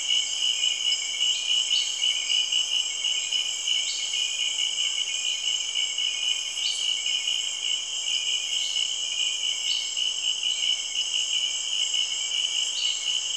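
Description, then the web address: Insect chorus: an even, high pulsing trill, with brief higher notes recurring now and then. Rainforest insects, Cameroon, recorded in the early evening. "Sound Effects Library (Africa- The Natural World) Cameroun- Insects Frogs, early evening, rainforest"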